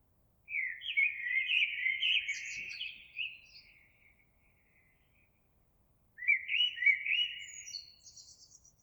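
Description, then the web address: Eurasian blackbird singing two mellow, warbled phrases around the mid range, each ending in thin, high squeaky notes, with a quiet pause between them. Recorded 26 April 2022. "oiseaux Merle 2022 04 26"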